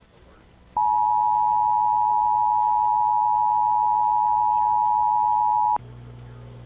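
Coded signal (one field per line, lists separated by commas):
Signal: Emergency Alert System (SAME) tones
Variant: 853 and 960 Hz attention tone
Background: speech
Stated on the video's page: Georgia statewide child abduction emergency (Amber Alert) EAS activation.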